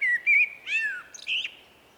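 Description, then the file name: Common blackbird singing: a few mellow fluted whistles around mid pitch, ending in a higher, scratchy squeaking twitter, over a quiet background. "Turdus merula"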